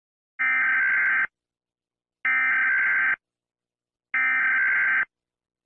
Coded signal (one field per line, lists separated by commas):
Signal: Emergency Alert System (SAME) tones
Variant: header bursts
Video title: ￼what lurks in the darkness Full version Dark Eas Scenario